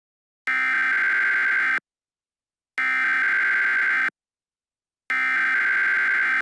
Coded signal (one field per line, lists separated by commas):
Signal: Emergency Alert System (SAME) tones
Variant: header bursts